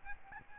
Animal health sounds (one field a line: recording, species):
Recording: mosquito wingbeat signal from an infrared sensor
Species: Aedes albopictus